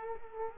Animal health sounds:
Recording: mosquito wingbeat signal from an infrared sensor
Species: Culex quinquefasciatus

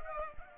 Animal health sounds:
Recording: mosquito wingbeat signal from an infrared sensor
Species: Culex pipiens

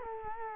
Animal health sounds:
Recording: mosquito wingbeat signal from an infrared sensor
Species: Culex quinquefasciatus

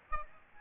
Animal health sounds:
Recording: mosquito wingbeat signal from an infrared sensor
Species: Aedes albopictus

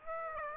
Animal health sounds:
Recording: mosquito wingbeat signal from an infrared sensor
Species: Aedes aegypti

